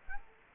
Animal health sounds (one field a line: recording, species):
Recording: mosquito wingbeat signal from an infrared sensor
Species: Culex quinquefasciatus